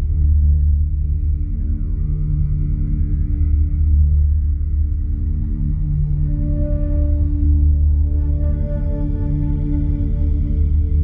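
A binaural beat tone hums low and steady, with a soft rapid pulsing throughout the eleven seconds. Faint ringing overtones drift above it like a singing bowl, rising slightly in places around seven and nine seconds, while the overall level stays constant.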